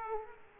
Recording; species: mosquito wingbeat signal from an infrared sensor; Culex quinquefasciatus